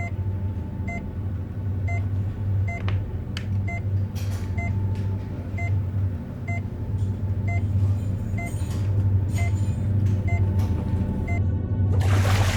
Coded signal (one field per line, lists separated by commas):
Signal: none